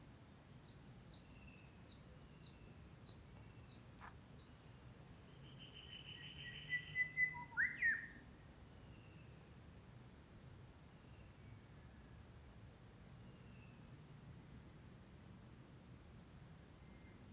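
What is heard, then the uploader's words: Birdsong in a forest just after sunrise, over a steady low rumble. A bird calls in a bright burst of quick chirps and a rising whistle around seven to eight seconds, with a sharp click near four seconds and faint scattered chirps elsewhere. Peace in the forest, among the trees and birdsong in the Blue Mountains, just after sunrise of the Spring/Summer Cross.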